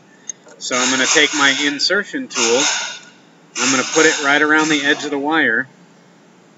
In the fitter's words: this one since it doesn't it doesn't want to quite click all the way into place so